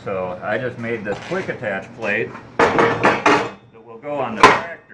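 A custom-made steel quick-attach faceplate on a utility tractor loader is handled against a skid-steer style attachment while someone talks, with sharp metallic knocks around 2.8, 3.1 and 3.3 seconds. The clip ends before the faceplate goes home, so nothing has seated or locked yet.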